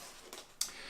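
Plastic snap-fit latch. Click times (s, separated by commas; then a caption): 0.6 s. A foam wing half of a TopRc Hobby KITA-1 RC flying wing is pushed into the foam FPV center body. A softer broadband rustle at about 0.3 s leads to a sharp, bright snap at 0.6 s, the loudest moment in the clip. The wing half snaps in and is seated in place.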